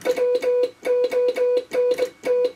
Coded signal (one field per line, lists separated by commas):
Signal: Morse code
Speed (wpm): 23 wpm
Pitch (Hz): 500 Hz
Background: music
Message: WONT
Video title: Homebrew QRP Valve Transceiver For 80m